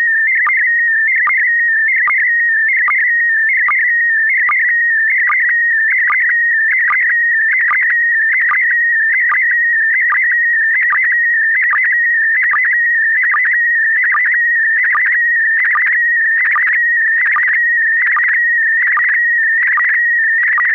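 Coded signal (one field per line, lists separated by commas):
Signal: SSTV (slow-scan television)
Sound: warbling, buzzy tone around 2 kHz with short regular low ticks, steady throughout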